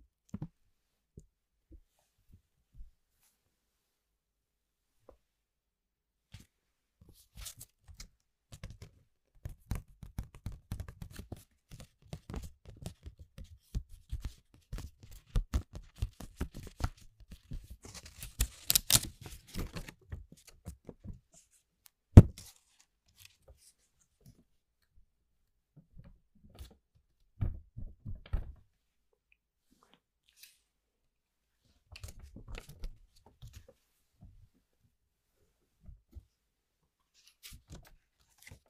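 Household objects make sparse clicks and scrapes, thickening into a dense crackling patch near the middle, with one sharp knock around 22 seconds.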